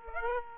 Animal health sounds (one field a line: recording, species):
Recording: mosquito wingbeat signal from an infrared sensor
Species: Aedes aegypti